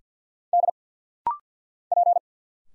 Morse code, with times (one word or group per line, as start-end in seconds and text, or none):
0.5-0.7 D
1.9-2.2 P